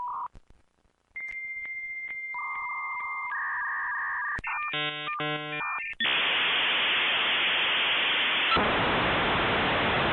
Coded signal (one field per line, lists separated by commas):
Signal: dial-up modem handshake